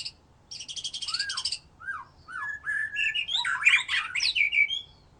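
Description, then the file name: White-rumped shama song opening with a buzzy rattle, then arched whistles and a busy, complex jumble of rising and falling notes. "murai batu"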